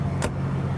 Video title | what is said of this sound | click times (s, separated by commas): 2023 Newmar Essex 4521 - 5N221497 | locks in place | 0.2 s